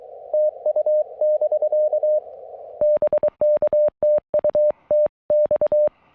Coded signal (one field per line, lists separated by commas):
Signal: Morse code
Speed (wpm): 23 wpm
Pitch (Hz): 600 Hz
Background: none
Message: TU <BK> BK TU TX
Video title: 11-26-25 Afternoon POTA Activation At US 9935